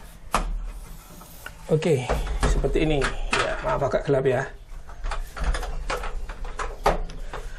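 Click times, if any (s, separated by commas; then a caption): 6.9 s. A light-steel door, about a year after installation, is pushed shut into its light-steel frame while someone talks. A few knocks and rattles come first, and then the door latch engages with a final sharp click at 6.9 seconds. The latch locks the door shut.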